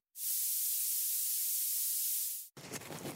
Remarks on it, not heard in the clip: A white noise style of tinnitus your tinnitus is at 8 kilohertz which is quite a high frequency.